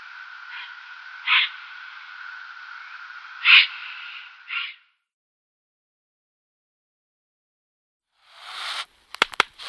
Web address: Schulze Peter Eurasian Eagle-Owl nestling